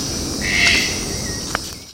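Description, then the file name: Red-breasted toucan uttering a single drawn-out rasping croak, followed by a sharp click, against a background of insect buzz. Recorded at the Jardim Botânico, São Paulo, Brazil, on 15 October 2015. "Ramphastos-dicolorus-Jd Botanico SP-BR-15-10-15-ASilveira"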